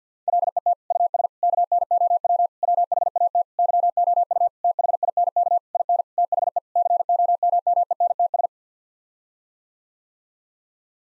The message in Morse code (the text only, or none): LET US KNOW WHAT YOU THINK IN THE COMMENTS